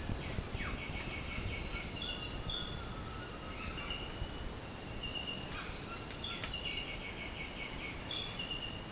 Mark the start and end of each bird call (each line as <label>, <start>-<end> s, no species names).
bird call, 0.19-1.94 s
bird call, 5.48-8.04 s